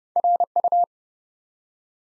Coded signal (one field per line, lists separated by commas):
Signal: Morse code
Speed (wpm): 30 wpm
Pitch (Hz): 700 Hz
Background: none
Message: RU